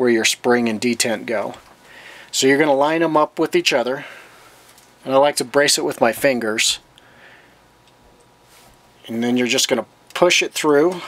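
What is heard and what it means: Someone talks while lining up the front takedown pin with the spring and detent hole in an AR-15 lower receiver, bracing the receiver with their fingers before pushing the pin through. One faint tick is heard around 7.0 s, and the pin has not seated or clicked yet.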